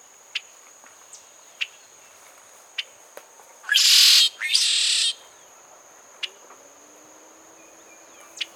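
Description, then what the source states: Red-shouldered blackbird song, two harsh buzzy bursts about half a second each near the middle, with scattered short clicks and a steady high insect whine throughout. Song recorded at La Turba, Cuba, in April 2015.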